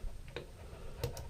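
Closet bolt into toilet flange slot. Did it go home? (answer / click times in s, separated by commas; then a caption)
no / none. A metal closet bolt is slid into the slot of a toilet flange, to be pulled up and pushed down until it locks so it won't rotate. Only light, faint ticks are heard, around 0.4 s and near 1.0 s and 1.2 s, over low background noise. Nothing has seated or locked in yet.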